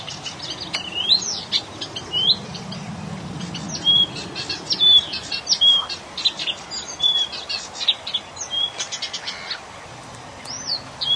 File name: kamyshovka sadovaja